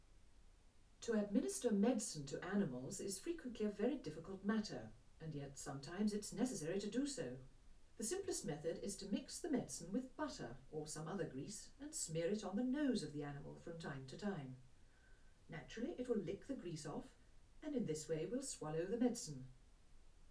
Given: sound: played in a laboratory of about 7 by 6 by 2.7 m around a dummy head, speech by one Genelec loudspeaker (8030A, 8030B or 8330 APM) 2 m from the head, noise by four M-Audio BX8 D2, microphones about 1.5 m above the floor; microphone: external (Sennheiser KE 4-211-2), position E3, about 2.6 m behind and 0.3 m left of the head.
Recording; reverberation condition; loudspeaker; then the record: female speech in English; low; 30 degrees to the right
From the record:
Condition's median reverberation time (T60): about 310 ms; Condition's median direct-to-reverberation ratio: about 3.5 dB